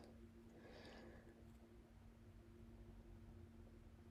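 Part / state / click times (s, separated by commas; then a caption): diesel fuel injector into engine cylinder head / not seated / none. A diesel fuel injector is being pressed by hand into its bore in the engine cylinder head. There is low rumbling handling noise with a steady hum, and a brief brighter scrape or rustle near 0.6–1.2 seconds. Nothing has seated or clicked yet.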